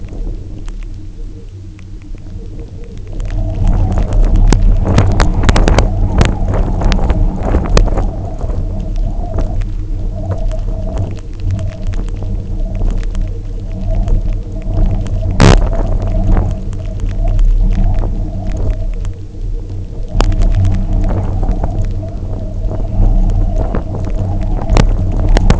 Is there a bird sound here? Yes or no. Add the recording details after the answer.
no. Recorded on Arctic tundra, site UTQI-0, on 27 June 2018. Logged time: 20:00